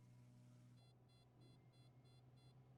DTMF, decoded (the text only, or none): none